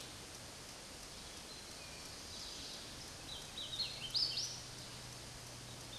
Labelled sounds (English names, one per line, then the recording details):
Hooded Warbler song
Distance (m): 50 m
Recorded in a Pennsylvania forest on 18 May 2023 at 10:15
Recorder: AudioMoth, point grid1_11_low
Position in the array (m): 228 m, 139 m